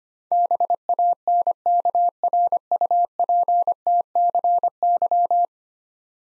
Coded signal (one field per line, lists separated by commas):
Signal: Morse code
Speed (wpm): 25 wpm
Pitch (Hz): 700 Hz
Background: none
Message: BANKRUPTCY